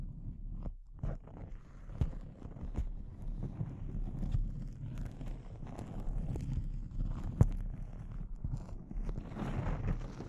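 Intense close-up crinkles, a dense, restless crackle that never settles, mostly in the low and middle range. Sharp brighter snaps cut through every second or so, the loudest a sudden crack near seven and a half seconds.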